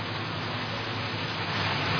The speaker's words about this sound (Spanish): Sí, está lloviendo. Sí, está lloviendo, sí.